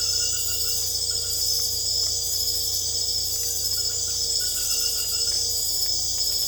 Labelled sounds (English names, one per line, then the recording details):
none
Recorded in secondary vegetation near Puerto Asís, Putumayo, Colombia, on 22 December 2024 at 21:30
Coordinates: 0.488, -76.319
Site GP04